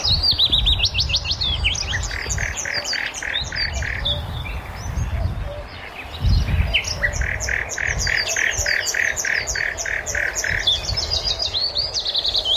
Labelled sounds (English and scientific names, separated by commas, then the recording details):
Common Nightingale (Luscinia megarhynchos) song
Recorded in the wild
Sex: male
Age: adult
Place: Karower Teiche, Berlin, DE
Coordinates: 52.6222, 13.46
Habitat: pond
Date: 1988-05-01
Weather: fair, 16°C
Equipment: Nagra SN, Kopie Tesla B 116
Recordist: Tembrock, Günter